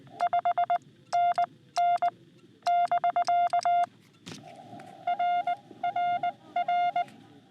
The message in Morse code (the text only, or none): 5NN <BK> RRR